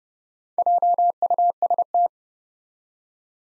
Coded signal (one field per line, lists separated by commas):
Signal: Morse code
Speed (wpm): 32 wpm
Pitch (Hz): 700 Hz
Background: none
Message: JUST